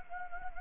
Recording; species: mosquito wingbeat signal from an infrared sensor; Anopheles gambiae